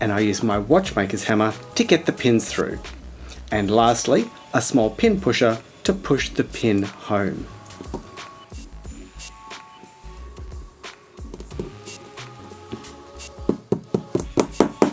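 Someone talks over music while working a metal pin into a watch bracelet link tube, using a watchmaker's hammer to get the pins through and then a small pin pusher to push the pin home. A series of sharp metallic taps comes in the last second and a half. Nothing has seated or clicked into place yet.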